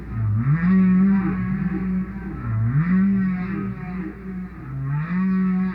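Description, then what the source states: Whale song: low, drawn-out moaning notes that swoop upward and hold, with rich overtones, repeated roughly every two seconds over a steady low rumble. Solo whale.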